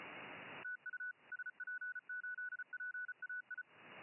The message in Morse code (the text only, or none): TU SP8PAI